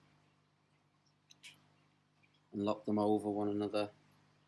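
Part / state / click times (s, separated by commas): hose clamp on canister filter valve block barbed pipes / not seated / none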